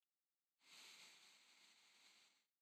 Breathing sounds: one breath near a microphone; inhalation

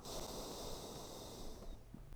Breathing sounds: one breath near a microphone; exhalation

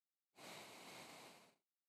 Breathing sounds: one breath near a microphone; exhalation

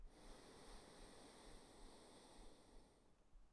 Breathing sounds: one breath near a microphone; exhalation

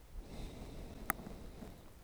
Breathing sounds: one breath near a microphone; exhalation

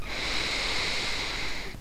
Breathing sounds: one breath near a microphone; inhalation

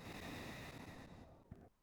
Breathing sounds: one breath near a microphone; exhalation

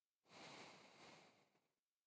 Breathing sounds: one breath near a microphone; exhalation

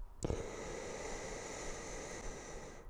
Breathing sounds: one breath near a microphone; inhalation

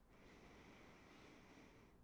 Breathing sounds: one breath near a microphone; inhalation

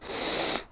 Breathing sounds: one breath near a microphone; inhalation

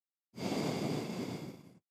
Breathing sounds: one breath near a microphone; exhalation

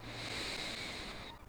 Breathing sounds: one breath near a microphone; inhalation

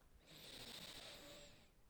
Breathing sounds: one breath near a microphone; inhalation

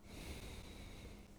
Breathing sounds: one breath near a microphone; exhalation

